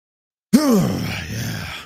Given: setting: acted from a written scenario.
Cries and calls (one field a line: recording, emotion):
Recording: vocal sound without words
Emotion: triumph